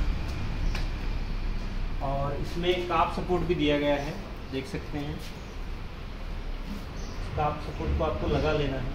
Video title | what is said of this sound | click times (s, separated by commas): Cross Motor Compact Folding Power Wheelchair 📞8770784247 @mobilitykartindia | press करके इसको ऐसे लगा देना है और हल्का सा मूव करेंगे तो ये लॉक हो जाएगा। | 0.7 s